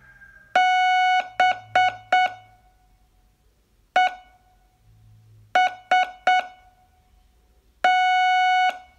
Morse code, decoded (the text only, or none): BEST